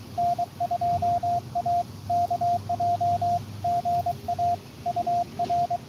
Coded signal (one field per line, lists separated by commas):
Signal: Morse code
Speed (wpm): 22 wpm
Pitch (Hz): 700 Hz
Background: radio noise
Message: N2AKJ GA UR